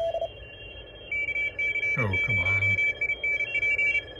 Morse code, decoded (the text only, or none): KC0INP